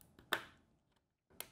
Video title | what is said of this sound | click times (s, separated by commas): How to Install RAM (System Memory) - How to Build a PC | back and forth until you feel the little latches.click | 0.3 s, 1.4 s